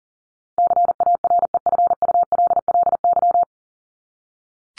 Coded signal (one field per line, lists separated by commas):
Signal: Morse code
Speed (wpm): 40 wpm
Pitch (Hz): 700 Hz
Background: none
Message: CAREFULLY